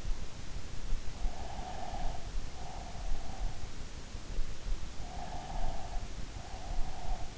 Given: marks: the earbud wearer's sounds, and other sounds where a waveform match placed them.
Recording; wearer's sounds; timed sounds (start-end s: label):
sounds in sleep by an in-ear microphone; breath
1.32-3.71 s: breath
5.07-7.37 s: breath